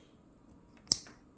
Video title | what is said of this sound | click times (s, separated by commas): chevy silverado transmission & radiator line clip removal | and it locks into place | 0.9 s